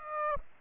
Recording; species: mosquito wingbeat signal from an infrared sensor; Aedes aegypti